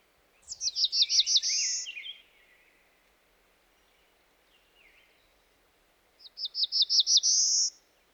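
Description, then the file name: Black-throated blue warbler song twice: a quick run of several high buzzy notes ending in a drawn-out buzz, the second song several seconds after the first. "dan gibsons solitudes black throated blue warbler"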